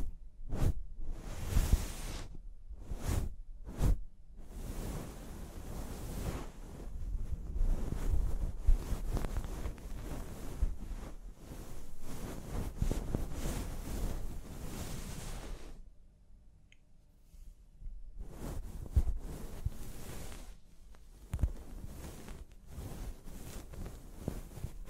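A hair wash and scalp massage, heard as dense rushing and rubbing that swells and fades in uneven waves. Several sharp short knocks come in the first four seconds. The sound drops to near quiet around sixteen seconds, then the scrubbing resumes.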